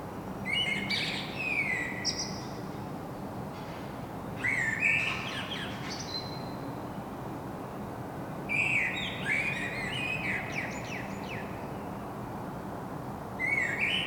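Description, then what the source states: Common blackbird singing repeated phrases every few seconds, rich mellow warbles ending in high chattering twitters, against a constant low background hum. Singing in Saint-Gilles, Belgium; recorded with a Sony PCM-M10 internal microphone.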